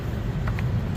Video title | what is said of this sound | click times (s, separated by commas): 2008 BMW 328i Ignition Coil Replacement Code P0305 Misfire Fix | you hear it click in place so you know it's heated correctly | 0.5 s, 0.6 s